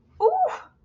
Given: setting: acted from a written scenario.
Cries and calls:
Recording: vocal sound without words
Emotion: pain

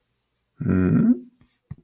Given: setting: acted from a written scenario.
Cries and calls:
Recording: vocal sound without words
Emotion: romantic love

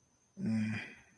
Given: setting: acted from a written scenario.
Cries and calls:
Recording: vocal sound without words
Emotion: neutral

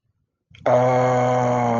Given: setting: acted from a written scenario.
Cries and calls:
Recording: vocal sound without words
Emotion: confusion

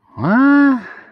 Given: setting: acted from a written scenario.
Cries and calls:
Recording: vocal sound without words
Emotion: confusion

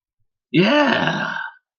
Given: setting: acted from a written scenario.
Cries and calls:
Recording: vocal sound without words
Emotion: positive surprise

